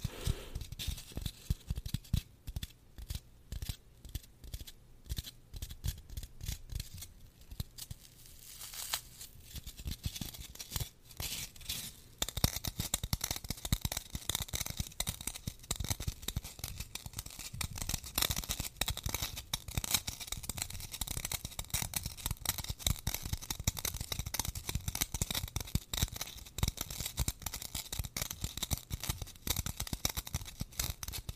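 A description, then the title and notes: Rough scratching fills the whole span as dense, rapid strokes that crackle and rasp, with bright hissing edges and some low thuds. The first twelve seconds are sparser and quieter, then the scraping grows louder and busier, continuing almost without pause. Lots of scratching and rough textures.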